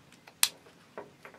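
An XLR cable is plugged into the XLR socket at the base of a microphone until the latch engages. After a few faint ticks, a sharp, bright click at 0.4 s marks the cable seating, followed by softer handling sounds. No one talks during the clip.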